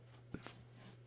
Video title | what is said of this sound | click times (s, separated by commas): Tune Up Your Dust Collector | in its Groove now push in two places on the spring-loaded ring until it snaps up into place | 0.4 s, 0.5 s